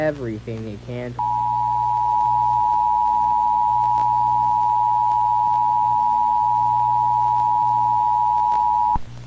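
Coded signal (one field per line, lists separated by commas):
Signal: Emergency Alert System (SAME) tones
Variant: 853 and 960 Hz attention tone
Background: speech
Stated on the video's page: Mock volcanic EAS alert, a fictional recreation.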